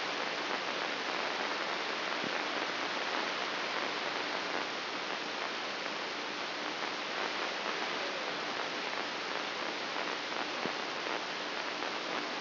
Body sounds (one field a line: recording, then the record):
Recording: brain microelectrode recording played as sound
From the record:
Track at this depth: inside the subthalamic nucleus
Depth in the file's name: 6.261 mm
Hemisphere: left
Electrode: 3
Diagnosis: Parkinson's disease